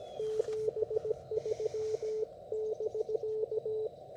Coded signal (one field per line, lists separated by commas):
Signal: Morse code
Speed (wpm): 17 wpm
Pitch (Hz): 440 Hz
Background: radio noise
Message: 73<BK>